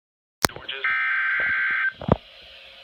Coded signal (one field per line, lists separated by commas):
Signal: Emergency Alert System (SAME) tones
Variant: header bursts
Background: speech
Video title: EAS 179 - Severe Thunderstorm Warning